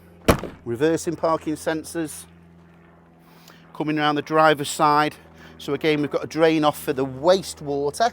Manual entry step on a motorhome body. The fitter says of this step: It just works manually, clicks into place and clicks there.